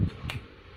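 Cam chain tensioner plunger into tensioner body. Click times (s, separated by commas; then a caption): 0.3 s. A motorcycle cam chain tensioner plunger for an RS150 or CB150 is pushed into the tensioner body until it catches. A single sharp metallic click is heard at 0.3 s. The plunger is now seated, stiff and locked, and will not come back out.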